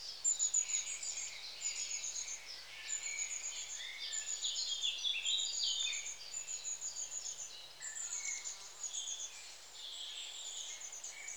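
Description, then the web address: Long-tailed tits calling: high, thin notes in short repeated strings alongside rolling buzzy trills, steady and busy throughout. "BBC Sound Effects Library. Long Tailed TIT (Aegithalos Cauda"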